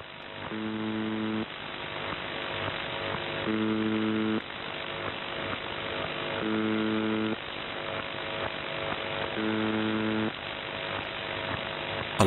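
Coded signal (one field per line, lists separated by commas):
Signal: channel marker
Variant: UVB-76 (The Buzzer)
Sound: harsh low buzz about one second long, repeated 4 times, every three seconds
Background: radio static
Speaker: On the frequency 4625 kHz you can hear a croaking humming that has been broadcast continuously since the 70s.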